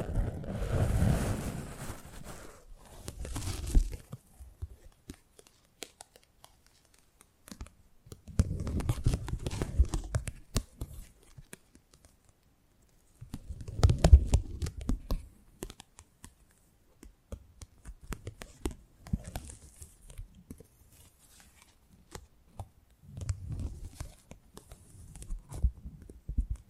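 Close-up mic treatment: bursts of rubbing, crinkling handling noise with a low thumping rumble underneath, arriving at about 0–4, 8–11, 13–15, 19–21 and 23–26 seconds. Between them come quieter stretches of sparse clicks and near silence.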